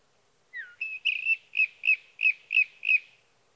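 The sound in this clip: Sage thrasher song: a downslurred whistle, then a steady run of about seven repeated warbling notes, three per second.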